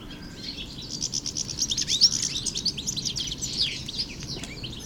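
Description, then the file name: European goldfinch twittering, a dense run of quick high tinkling and buzzy notes that carries steadily throughout with little pause. Recorded in Landshut Hofgarten on 3 February 2015. "Stieglitz 03 02 2015 Landshut Hofgarten Susanne Rieck"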